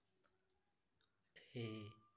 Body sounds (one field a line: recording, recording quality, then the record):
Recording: sustained vowel as in made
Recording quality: excellent, no background noise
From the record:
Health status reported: healthy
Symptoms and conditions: none ticked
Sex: male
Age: 21 years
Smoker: not ticked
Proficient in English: yes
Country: India